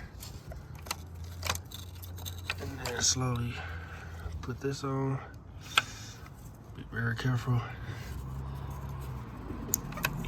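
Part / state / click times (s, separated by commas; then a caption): purge valve fitting onto EVAP line / seated / 9.7 s. On a 2006 Impala SS, a new purge valve is slowly pushed onto its EVAP line fitting under the hood while someone talks, with small handling clicks and rattles along the way. A sharp snap at 9.7 seconds marks the connector seating, and the purge valve is confirmed snapped into place.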